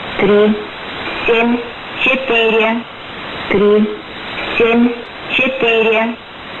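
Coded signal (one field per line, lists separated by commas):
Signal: numbers station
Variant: S06s, Russian female voice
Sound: a woman's voice reading short, evenly spaced words, about eight in under seven seconds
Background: radio static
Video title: 12 02 2019 S06s Russian Lady numbers station in Russian to Eu 0715 on 6320 unknown tx site USB+AM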